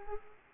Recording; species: mosquito wingbeat signal from an infrared sensor; Culex quinquefasciatus